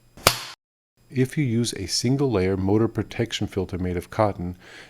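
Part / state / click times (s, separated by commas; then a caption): motor protection filter spring clamp ring into central vacuum motor housing seam / seated / 0.3 s. On a BVC central vacuum cleaner, the spring tension clamp ring of a new fabric motor protection filter, bent into a semicircle, is let jump into the seam of the motor housing. It seats with a sharp snap at 0.3 s. After a short silence, someone talks.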